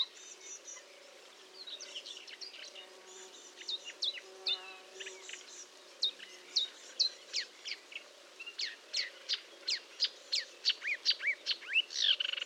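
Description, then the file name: Marsh warbler song starting soft and scratchy, then rising into loud rapid sweeping chirps and trills over a faint hum. Recorded at Fontaine-Française (Fourneau), France, on 1 June 2022 at 10:55, using a Nagra recorder with a Telinga parabolic microphone. "Rousserolle verderolle 20220601 1055 Fontaine-Francaise-Fourneau-Nagra-Telinga"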